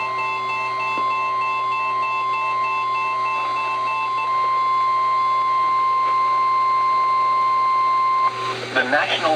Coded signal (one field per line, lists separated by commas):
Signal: Emergency Alert System (SAME) tones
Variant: 1050 Hz attention tone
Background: speech